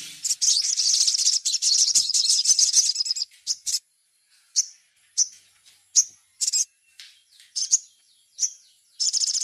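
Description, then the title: Little spiderhunter: a three-second run of dense, high chattering, then spaced sharp single chips, ending with another brief dense burst. Masteran (training recording). "Masteran Burung Sogok Ontong Labaik"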